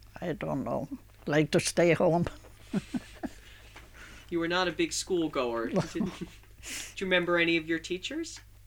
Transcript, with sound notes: I don't know. Liked to stay home. (she laughs)
You were not a big school goer? Do you remember any of your teachers?